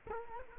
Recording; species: mosquito wingbeat signal from an infrared sensor; Culex quinquefasciatus